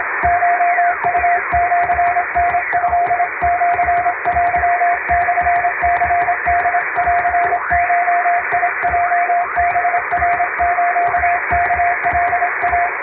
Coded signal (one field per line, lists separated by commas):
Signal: Morse code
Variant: Japanese Wabun code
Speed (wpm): 27 wpm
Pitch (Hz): 700 Hz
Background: music, radio noise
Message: コウシタトシテモ ニホンゴヲ ハナス ワカイ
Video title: 【実演！通信士がモールス符号を打つ】和文ＣＷをエレキーＭＫ－７０６で叩いてみました。生身のモールス信号で受信練習をしてみませんか(training for radio operator)